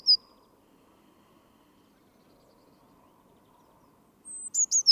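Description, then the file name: Eurasian blue tit calling, a single high thin note at the start, then after a long quiet gap a fast run of three or four sharp high notes. "Cyanistes caeruleus"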